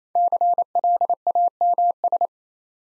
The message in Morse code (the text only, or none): CLAMS